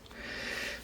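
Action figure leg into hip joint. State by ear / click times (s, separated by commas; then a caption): not seated / none. The right leg of a plastic Marvel Legends Attuma build-a-figure is pushed onto its hip peg. A faint tap near 0.1 s is followed by a steady, breathy, hissing rustle through the rest of the clip. The leg does not click in and has to be forced, so nothing has seated or clicked yet.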